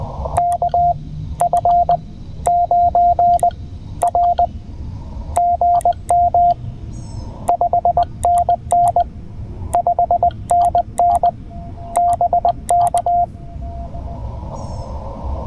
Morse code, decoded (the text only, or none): KF9R GM 5NN 5NN BK